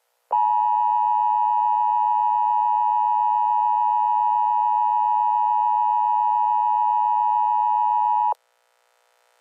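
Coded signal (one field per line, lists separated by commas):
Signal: Emergency Alert System (SAME) tones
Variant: 853 and 960 Hz attention tone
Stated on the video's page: Fictional hurricane warning; stated to be fake.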